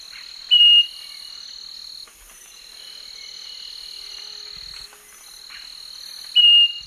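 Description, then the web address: Southern nightingale-wren: two clear, level whistled notes about six seconds apart, each brief and pure, set against a steady high insect chorus. Recorded in the Eastern Lowlands of South America. "Natures Songs S America Eastern Lowlands 488 Southern Nightingale-Wren"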